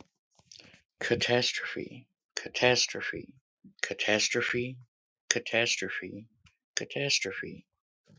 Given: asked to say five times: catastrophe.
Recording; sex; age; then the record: repeated word; male; 40 to 49 years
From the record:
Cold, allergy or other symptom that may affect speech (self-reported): no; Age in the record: 40 years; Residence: Wisconsin, United States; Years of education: 13